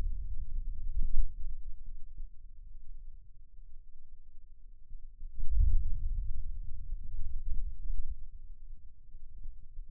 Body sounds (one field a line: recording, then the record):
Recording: forearm muscle sounds (acoustic myography)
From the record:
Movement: hand opening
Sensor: system 2, bracelet of six BSWA MPA416 microphones around the upper forearm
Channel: 1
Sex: male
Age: 22 years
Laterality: right